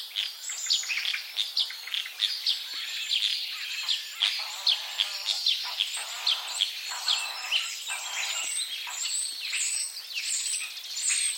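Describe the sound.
Common starling chatter, with many overlapping clicks, creaks and whistles in a busy, continuous babble.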